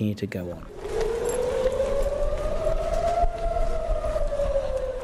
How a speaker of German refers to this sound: Sirenen im Sommer 2014. Sie warnen in Israel vor Angriffen aus Gaza.